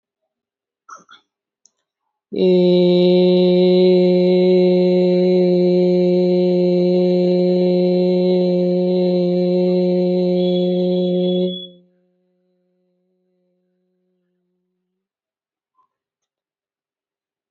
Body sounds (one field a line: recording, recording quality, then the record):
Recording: sustained vowel as in made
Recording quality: excellent, no background noise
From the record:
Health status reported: healthy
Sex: male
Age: 53 years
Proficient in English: yes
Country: India